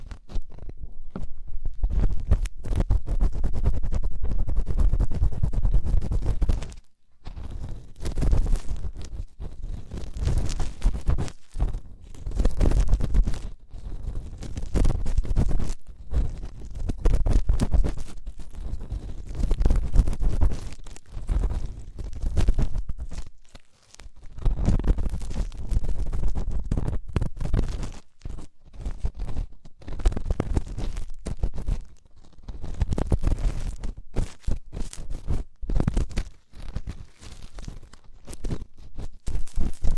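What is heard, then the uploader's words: Deep ear cleaning: dense, scratchy rubbing and scraping with a heavy, muffled low rumble under it. The strokes come in irregular bursts broken by short gaps, with brief near-silent pauses around 7 and 24 seconds before the scratching resumes. ASMR INTENSE Deep Ear Cleaning (No Talking).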